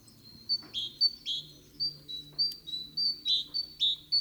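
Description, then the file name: Great tit calls, high clipped notes sliding down, repeated rapidly several times a second throughout. "Parus major"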